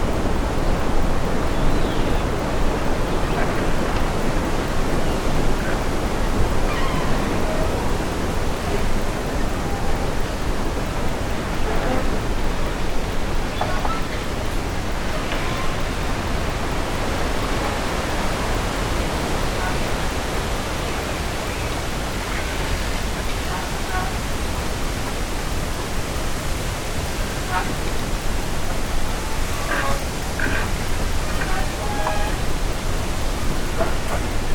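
Wind rushes through trees in a steady, dense hiss that fills the lows and mids and thins toward the top. The level holds nearly even, easing slightly around twenty seconds, and faint, brief higher chirps or rustles flicker through, mostly near the end.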